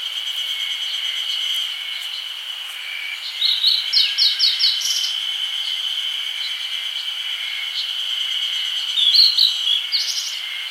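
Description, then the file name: Grey bunting: a quick series of high, clipped notes mid-recording and a shorter flourish near nine seconds, with a constant insect drone behind. "Emberiza variabilis"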